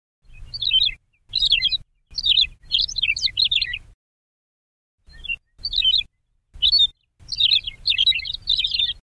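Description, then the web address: McCown's longspur giving high, jumbled twittering phrases in bursts of up to about two seconds with brief gaps, every burst accompanied by a low rumbling noise. "Thumbs Plus Zoo Field Guide Repository Sounds"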